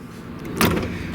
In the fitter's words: like that give it a little click on one side there